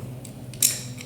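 A spray nozzle is pulled out of the ball-bearing quick-connect coupling on the wand of a Realm 2100PSI pressure washer, releasing it. Faint small metallic clicks come at about 0.3 s and 0.5 s, then a sharper, louder click at 0.7 s as the nozzle comes free, with one more faint tick near 1.0 s over a steady low hum.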